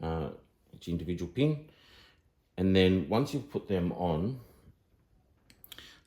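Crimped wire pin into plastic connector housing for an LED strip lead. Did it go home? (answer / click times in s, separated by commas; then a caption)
yes / 5.6 s. A crimped wire pin on an RGB LED strip lead is slid up into a plastic connector housing while someone talks, until its little locking pin catches. A small, sharp click is heard at 5.6 s among a few faint ticks, showing the pin is locked into the housing.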